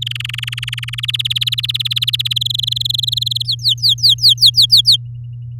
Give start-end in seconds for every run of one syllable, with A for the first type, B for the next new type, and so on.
0.02-1.00 A, 1.03-2.33 B, 2.36-3.42 C, 3.45-4.96 D